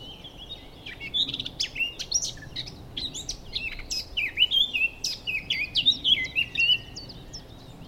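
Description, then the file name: Eurasian blackcap warbling a long, hurried song of varied chattering notes that builds into clearer whistled phrases near the end. "Sylvia atricapilla"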